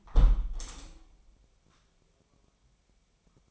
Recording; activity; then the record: daily activity, microphone in the room; close window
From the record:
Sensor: 1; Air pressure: 1014.9 hPa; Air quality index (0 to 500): 25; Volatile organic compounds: 0 ppm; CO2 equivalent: 504 ppm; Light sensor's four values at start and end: 10/25/10/11 and 11/26/10/11